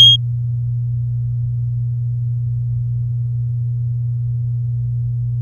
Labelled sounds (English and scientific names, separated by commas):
Domestic Canary (Serinus canaria) song